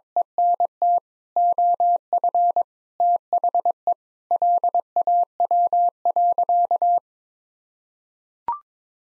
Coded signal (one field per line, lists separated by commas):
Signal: Morse code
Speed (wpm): 22 wpm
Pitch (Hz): 700 Hz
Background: none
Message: ENT OF THE LAW.